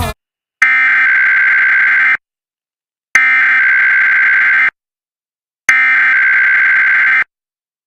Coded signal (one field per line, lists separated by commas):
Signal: Emergency Alert System (SAME) tones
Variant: header bursts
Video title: US Emergency Alert Systems 2026 (part 3)